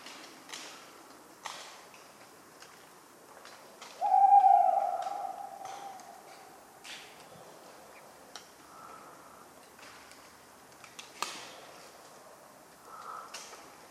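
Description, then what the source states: Tawny owl gives one long steady hoot midway, surrounded by repeated irregular ticks and knocks and soft breathy sounds. Talkative bird on a cold autumn night, 11 November 1995, at the Ménigoute ornithological film festival, France; acorns falling regularly; the recordist fell asleep, mixing in his sleeping sounds.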